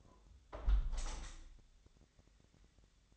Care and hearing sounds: daily activity, microphone in the room; close window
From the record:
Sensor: 3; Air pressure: 1014.9 hPa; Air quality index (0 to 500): 75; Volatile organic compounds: 2 ppm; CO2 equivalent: 1020 ppm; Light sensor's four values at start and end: 9/22/9/9 and 9/22/9/9

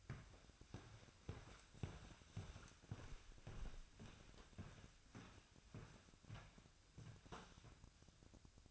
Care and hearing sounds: daily activity, microphone in the room; walk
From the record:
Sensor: 2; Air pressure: 1001.6 hPa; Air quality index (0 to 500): 230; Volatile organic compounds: 27 ppm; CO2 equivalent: 2890 ppm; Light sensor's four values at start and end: 9/30/11/11 and 9/29/11/11

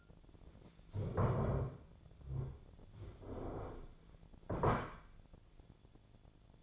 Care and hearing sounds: daily activity, microphone in the room; stand up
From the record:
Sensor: 5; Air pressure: 1008.2 hPa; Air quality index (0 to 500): 154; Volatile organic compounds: 3 ppm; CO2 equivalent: 1474 ppm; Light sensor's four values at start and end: 60/167/65/65 and 60/167/65/65

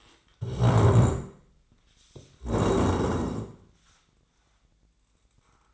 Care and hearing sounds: daily activity, microphone in the room; stand up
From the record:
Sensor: 3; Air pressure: 1012.3 hPa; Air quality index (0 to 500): 175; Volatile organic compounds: 3 ppm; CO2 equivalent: 1340 ppm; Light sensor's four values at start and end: 90/202/96/108 and 73/169/79/87

